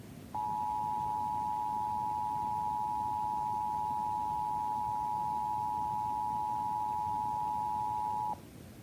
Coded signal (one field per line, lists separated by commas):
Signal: Emergency Alert System (SAME) tones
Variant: 853 and 960 Hz attention tone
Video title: EAS TOR (From OUN) 3/5/26 8:05 PM CST (Credit Goes To @SouthernPennsylvaniaWX/@KanawhaCountyWX)